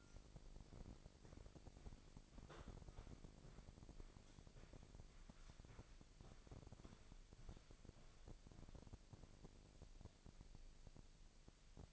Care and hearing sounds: daily activity, microphone in the room; walk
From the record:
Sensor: 5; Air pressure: 1001.7 hPa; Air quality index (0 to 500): 183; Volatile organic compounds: 12 ppm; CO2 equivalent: 2348 ppm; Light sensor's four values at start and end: 32/104/39/42 and 31/104/39/42

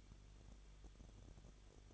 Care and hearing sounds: daily activity, microphone in the room; no activity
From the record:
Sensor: 4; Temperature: 23.0 degrees Celsius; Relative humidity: 34.3%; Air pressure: 1007.2 hPa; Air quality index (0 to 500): 217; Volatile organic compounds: 15 ppm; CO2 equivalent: 2513 ppm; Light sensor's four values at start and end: 2/3/1/1 and 2/3/1/1

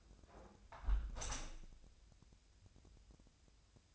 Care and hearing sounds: daily activity, microphone in the room; close window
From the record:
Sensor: 2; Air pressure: 1014.7 hPa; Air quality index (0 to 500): 40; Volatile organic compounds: 1 ppm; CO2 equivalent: 590 ppm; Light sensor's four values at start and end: 8/19/8/8 and 8/19/8/8

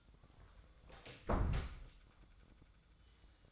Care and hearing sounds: daily activity, microphone in the room; close door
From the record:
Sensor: 3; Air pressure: 1004.9 hPa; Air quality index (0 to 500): 76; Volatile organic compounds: 2 ppm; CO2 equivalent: 1145 ppm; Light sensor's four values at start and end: 8/19/8/7 and 8/19/8/7

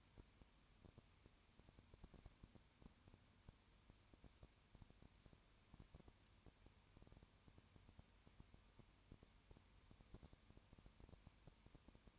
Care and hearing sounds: daily activity, microphone in the room; no activity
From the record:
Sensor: 2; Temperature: 20.8 degrees Celsius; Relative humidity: 38.3%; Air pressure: 1010.4 hPa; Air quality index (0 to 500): 200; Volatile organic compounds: 19 ppm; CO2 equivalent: 2651 ppm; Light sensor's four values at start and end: 2/3/2/2 and 2/3/2/2

